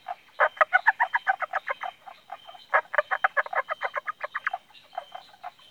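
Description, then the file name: Indian bronzed frog calling in quick, rattling pulse trains, two strong bouts separated by a short quieter gap. "Indosylvirana temporalis"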